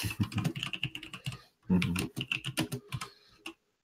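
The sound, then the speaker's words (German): Rapid keyboard typing, a dense run of sharp clicks and clacks for about a second and a half, a brief pause, then another burst of uneven keystrokes before it stops. “Oh, ein Hacker.”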